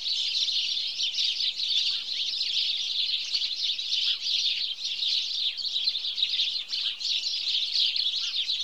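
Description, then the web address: Flock of house sparrows chirping steadily, a thick mass of rapid high chirps running throughout with slight rises and falls in loudness. "BBC Sound Effects Library Birds House Sparrow (Passer Domesticus)"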